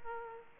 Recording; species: mosquito wingbeat signal from an infrared sensor; Aedes aegypti